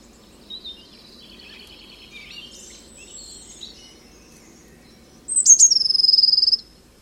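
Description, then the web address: Eurasian blue tit giving a few high thin notes that drop into a dry buzzy churr lasting about a second, after faint soft twittering and trills. "Deverinetal 2025 File origin Bird Only Cy Ca"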